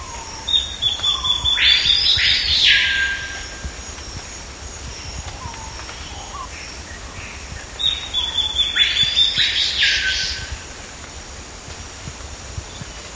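Bird calls: two bursts of quick, high chipping notes about seven seconds apart, each run into a harsh rasping sweep.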